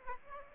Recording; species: mosquito wingbeat signal from an infrared sensor; Aedes aegypti